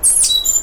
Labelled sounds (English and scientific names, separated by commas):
Stitchbird (Notiomystis cincta) song